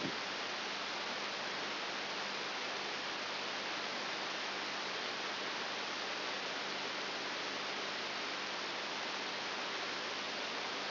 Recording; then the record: brain microelectrode recording played as sound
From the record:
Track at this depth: inside the subthalamic nucleus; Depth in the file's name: 5.9 mm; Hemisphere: right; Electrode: 3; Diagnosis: Parkinson's disease